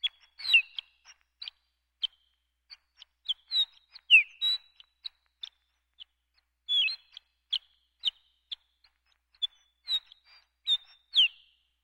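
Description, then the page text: Horned lark calls: thin, high chips and short slurred notes given irregularly throughout, some falling in pitch, against a quiet background. "Horned Lark. Quick Sounds"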